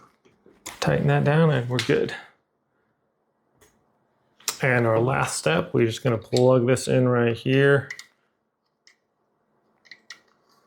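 Someone talks while installing a DESLOC D120L smart lock with handle, getting ready to plug the plastic wiring harness connector from the exterior unit into the socket on the interior unit. After the talking, only a few faint handling sounds are heard. Nothing has seated or clicked yet.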